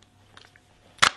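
A magazine is dropped into the slot in the bottom of the grip of an Anics Beretta A-9000S air pistol and pushed home. A few faint small clicks come first, then one loud sharp hit at 1.0 s as the magazine locks in. The magazine is seated and the pistol is loaded.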